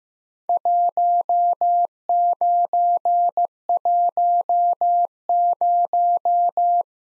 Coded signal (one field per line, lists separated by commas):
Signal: Morse code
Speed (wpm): 15 wpm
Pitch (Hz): 700 Hz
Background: none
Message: 1910